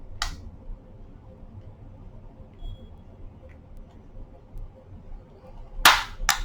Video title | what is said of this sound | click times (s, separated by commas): Aircon Remote Black Screen Repair - Mitsubishi KM09G | yeah you can hear more clips coming out | 0.2 s, 5.9 s